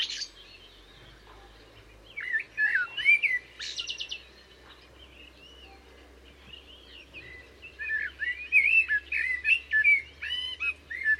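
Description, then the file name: Common blackbird song, with sharp high notes and mellow warbled phrases, a pause, then a longer run of fluty phrases. "Turdus merula"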